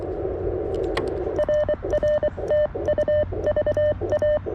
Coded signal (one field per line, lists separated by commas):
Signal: Morse code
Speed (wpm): 23 wpm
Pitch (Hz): 600 Hz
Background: none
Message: RR TU VA